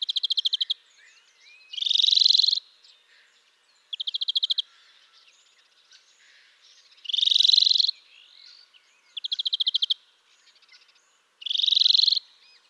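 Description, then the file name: European greenfinch alternating a fast dry trill with a long buzzy rising wheeze, the pair repeated three times throughout. "Chloris chloris"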